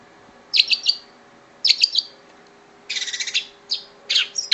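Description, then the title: Long-tailed shrike song in short loud bursts of squeaky, chattering notes roughly every second, with a steady faint hum beneath. Combination song. "Kicau Pentet Kombinasi"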